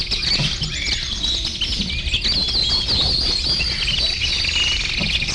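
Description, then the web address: Bird chorus with many overlapping high chirps, short whistles and fast twitters running without pause, backed by constant low-frequency noise. "efectos sonido pajar"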